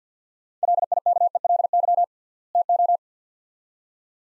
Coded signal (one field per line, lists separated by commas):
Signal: Morse code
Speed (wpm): 47 wpm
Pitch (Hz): 700 Hz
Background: none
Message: LIKELY TO